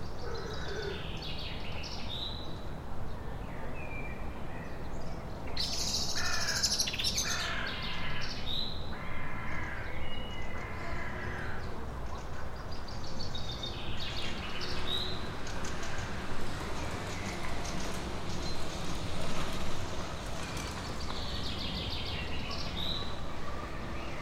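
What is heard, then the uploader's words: Birds chirp and call intermittently over a steady low rumble in Skowroni Park, with a brighter burst of chatter around six to seven seconds. Lokalizacja: Krzyki. 6 pm. Rekorder, mikrofon: sony pcm d50, mic rode nt4, FEL BMA preamplifier, Rode Boompole Autor nagrania: Bartosz Grzyb. Birds in Skowroni Park (Wroclaw, Poland): birds, dogs, runners, segways.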